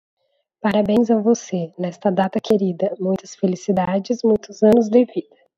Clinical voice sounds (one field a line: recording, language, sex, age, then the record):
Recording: short text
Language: Brazilian Portuguese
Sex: female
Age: 20 to 29 years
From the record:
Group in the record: control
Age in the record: 28 years